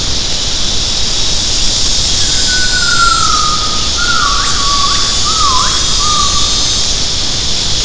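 Gibbon call: a sustained whistled tone sliding gently downward, broken by several sharp rising upsweeps, over a constant loud hiss.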